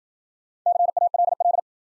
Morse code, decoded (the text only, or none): CALL